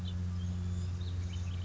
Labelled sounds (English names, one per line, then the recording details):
House Finch
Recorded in Sonoma County, California